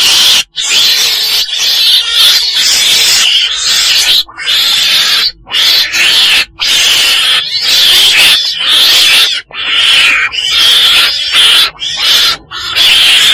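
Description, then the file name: Weasel screeching almost continuously, a raspy, whistle-tinged call broken only by brief dips. Black weasel (chồn đen) calling. "tieng chon den keu"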